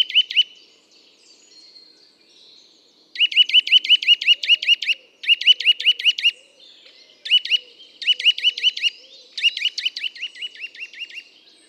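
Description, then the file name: Eurasian nuthatch calling: fast series of sharp piping notes in several short bursts separated by pauses. "Sitta europaea"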